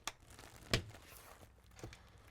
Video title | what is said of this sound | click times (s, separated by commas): 2020 Airstream Caravel 19CB Walk Through Small Light Weight Camping RV Travel Trailer | pulls all the way across and snaps in place and | 0.1 s, 0.7 s